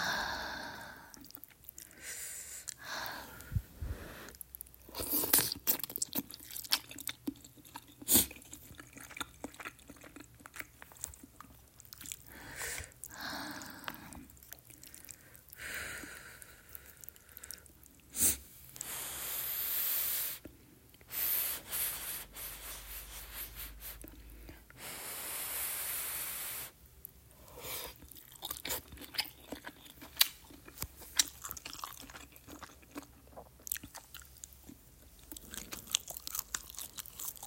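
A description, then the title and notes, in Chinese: Mouth sounds of someone eating spicy hot pot: wet chewing, lip smacks and sharp clicks come in quick, irregular bursts throughout. Longer slurping or sipping noises stand out around the middle, roughly from 18 to 27 seconds. 口水音吃麻辣烫。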